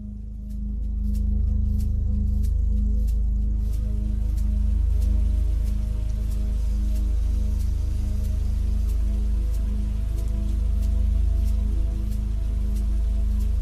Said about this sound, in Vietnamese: Cơn mưa đêm tầm tã trút xuống đến cả ngàn tấn nước. Âm thanh ù ù của những hạt mưa bị vỡ tan khi va đập xuống mặt đường, va đập lên những ô kính cửa sổ, lên những mái nhà, lên những nóc tòa cao tầng.